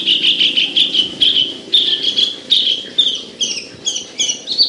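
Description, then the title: Javan bush lark song, a stream of buzzy high chirps, repeated and slightly varied, with a faint low hum beneath. Singing vigorously (gacor); bird named Petir. "Branjangan Gacor Petir 1"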